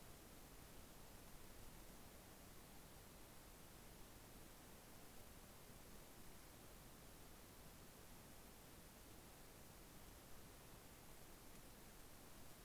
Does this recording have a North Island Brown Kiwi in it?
no